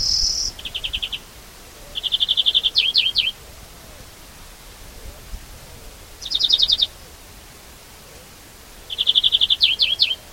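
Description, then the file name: European greenfinch song: a wheeze followed by trilled rattles and twangy zigzag notes, phrases separated by quiet pauses. "Chloris chloris"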